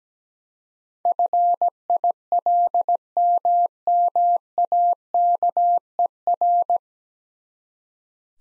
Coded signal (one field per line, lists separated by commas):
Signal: Morse code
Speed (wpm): 17 wpm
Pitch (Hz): 700 Hz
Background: none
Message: FILMMAKER